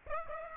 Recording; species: mosquito wingbeat signal from an infrared sensor; Aedes aegypti